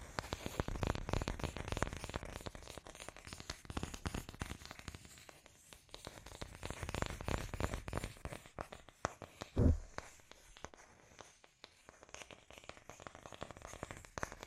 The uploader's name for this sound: Scratchy Tapping